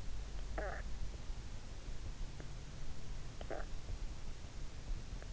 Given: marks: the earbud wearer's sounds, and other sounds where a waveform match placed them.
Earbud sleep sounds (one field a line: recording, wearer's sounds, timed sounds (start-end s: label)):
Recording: sounds in sleep by an in-ear microphone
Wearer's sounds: snoring breath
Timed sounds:
0.36-0.96 s: snoring breath
3.22-3.71 s: snoring breath